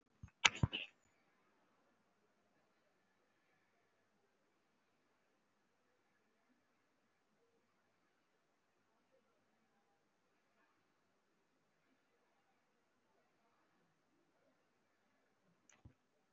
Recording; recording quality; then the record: shallow breathing; moderate, slight background noise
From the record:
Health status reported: respiratory illness, not identified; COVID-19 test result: negative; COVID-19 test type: RT-PCR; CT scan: not taken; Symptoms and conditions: breathing difficulty, chronic lung disease, hypertension, diabetes, ischaemic heart disease, another condition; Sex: male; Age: 64 years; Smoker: yes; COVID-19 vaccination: both doses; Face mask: worn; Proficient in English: yes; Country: India